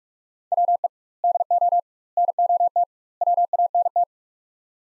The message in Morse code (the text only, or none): WE DO NOT WANT